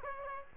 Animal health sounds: mosquito wingbeat signal from an infrared sensor; Aedes aegypti

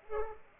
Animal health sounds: mosquito wingbeat signal from an infrared sensor; Culex pipiens

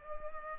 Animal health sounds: mosquito wingbeat signal from an infrared sensor; Culex pipiens

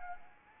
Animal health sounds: mosquito wingbeat signal from an infrared sensor; Anopheles arabiensis

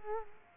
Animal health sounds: mosquito wingbeat signal from an infrared sensor; Culex quinquefasciatus

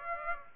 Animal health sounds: mosquito wingbeat signal from an infrared sensor; Aedes aegypti

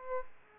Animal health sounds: mosquito wingbeat signal from an infrared sensor; Aedes aegypti

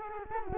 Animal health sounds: mosquito wingbeat signal from an infrared sensor; Culex quinquefasciatus

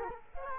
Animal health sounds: mosquito wingbeat signal from an infrared sensor; Culex quinquefasciatus

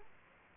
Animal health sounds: mosquito wingbeat signal from an infrared sensor; Aedes aegypti

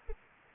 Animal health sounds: mosquito wingbeat signal from an infrared sensor; Anopheles arabiensis

